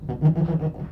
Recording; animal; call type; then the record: contact call of a hoofed animal; goat; low-frequency (closed-mouth) or high-frequency (open-mouth) call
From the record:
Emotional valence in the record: positive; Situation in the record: food anticipation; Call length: 0.92 s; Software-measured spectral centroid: 800 Hz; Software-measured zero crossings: 490 a second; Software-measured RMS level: -23 dBFS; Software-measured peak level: -11 dBFS